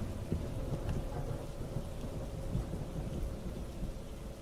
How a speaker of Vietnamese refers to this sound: Không biết ngủ được bao lâu, trời vẫn còn mưa.